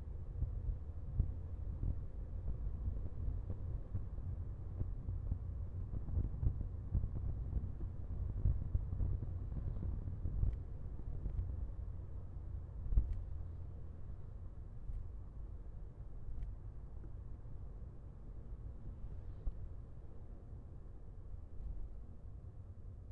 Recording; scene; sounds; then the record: everyday scene through a hearing-aid microphone; in a vehicle; engine, rumble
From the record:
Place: Skoda Fabia, gasoline engine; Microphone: behind the ear, left, front